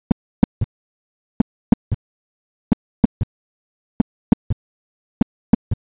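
An adult's slow, regular heartbeat at about 47 beats a minute, each beat heard as a three-part gallop. Two crisp sounds are followed shortly by a softer, duller, low-pitched thud in early diastole. That extra sound is a third heart sound (S3).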